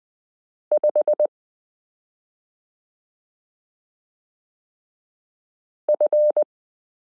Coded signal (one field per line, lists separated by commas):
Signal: Morse code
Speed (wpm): 20 wpm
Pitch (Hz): 600 Hz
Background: none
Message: 5F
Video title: Morse Code Listening Lesson 24 - i (.)period n j e f (0)zero y (,)comma v g 5 (/)slash q